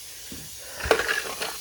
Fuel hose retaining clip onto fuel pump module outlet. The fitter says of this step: it snaps into place with these two little claws.